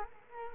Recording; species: mosquito wingbeat signal from an infrared sensor; Culex quinquefasciatus